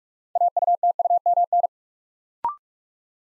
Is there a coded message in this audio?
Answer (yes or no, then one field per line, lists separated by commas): yes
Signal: Morse code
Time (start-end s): 0.4-1.7 s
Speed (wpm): 45 wpm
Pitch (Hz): 700 Hz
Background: none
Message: AUTUMN